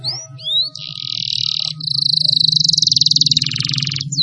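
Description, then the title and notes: Atlantic canary singing: a few sweeping whistles, then sustained rapid trills that change speed and pitch from phrase to phrase, over a steady low hum. Bird lure sound. "Pikat Burung Baru. kenari"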